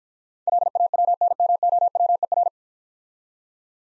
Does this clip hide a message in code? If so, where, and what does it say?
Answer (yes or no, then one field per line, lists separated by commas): yes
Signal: Morse code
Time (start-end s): 0.5-2.5 s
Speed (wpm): 52 wpm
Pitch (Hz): 700 Hz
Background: none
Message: LAWNMOWER